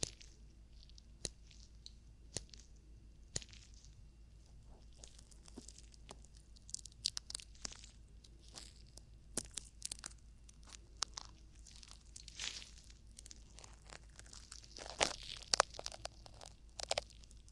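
Ear cleaning sounds made of soft, crackly scratching and crinkling, with sharp clicks and taps every second or two. The rustling grows busier and brighter after about the eleventh second, with a denser burst near fifteen seconds, over a low, steady hum.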